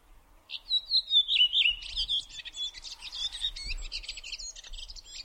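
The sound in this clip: Bird delivering descending warbled whistles followed by a dense stream of quick twittering and buzzy notes, with faint low rumble beneath.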